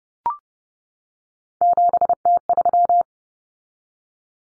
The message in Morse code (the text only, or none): 7T3